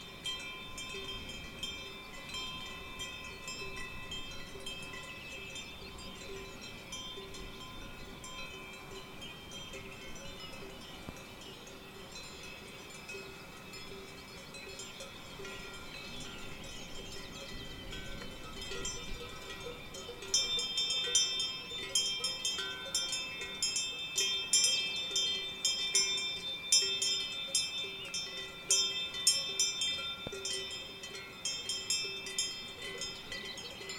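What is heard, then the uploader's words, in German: Cowbells clank from cows grazing on steep meadows, a continuous jangle of overlapping metallic tones. After about twenty seconds the bells come louder, ringing brighter and busier with frequent irregular strikes until the end. Es geht auf eine Alm bei der wir den Kühen beim Grasen über die steilen Wiesen zuhören können.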